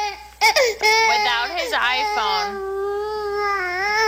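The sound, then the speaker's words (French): A baby, upset because its iPhone was taken away, cries in a loud, wavering wail, starting with a few choppy sobs and then stretching into one long, high, sustained cry with a trembling pitch. “Allons-y avec un bébé qui n'est pas heureux. Il n'est pas heureux parce qu'on lui a enlevé son iPhone.”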